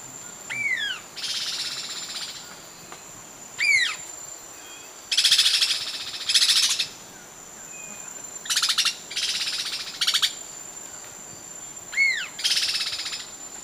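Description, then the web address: Immaculate antbird calls: short dry rattles and slurred falling notes, several bursts throughout, over a steady high tone. Ecuador, South America. "Natures Songs S America Birds of Ecuador Immaculate Antbird"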